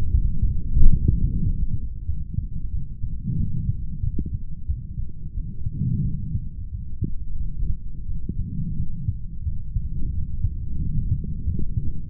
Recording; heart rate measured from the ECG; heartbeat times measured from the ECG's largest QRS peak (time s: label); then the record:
heart sounds by stethoscope; 90 bpm
0.11 s: heartbeat
0.76 s: heartbeat
1.42 s: heartbeat
2.06 s: heartbeat
2.71 s: heartbeat
3.37 s: heartbeat
4.02 s: heartbeat
4.67 s: heartbeat
5.34 s: heartbeat
6.02 s: heartbeat
6.70 s: heartbeat
7.37 s: heartbeat
8.06 s: heartbeat
8.76 s: heartbeat
9.43 s: heartbeat
10.11 s: heartbeat
10.79 s: heartbeat
11.44 s: heartbeat
From the record:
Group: healthy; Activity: rest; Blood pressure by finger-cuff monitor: 145/116 mmHg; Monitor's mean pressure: 128 mmHg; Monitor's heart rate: 90 bpm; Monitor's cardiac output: 3.8 L/min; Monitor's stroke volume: 42 mL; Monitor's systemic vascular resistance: 2520 dyn s/cm5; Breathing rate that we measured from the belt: 24 breaths a minute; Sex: male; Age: 55 years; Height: 167 cm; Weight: 57.2 kg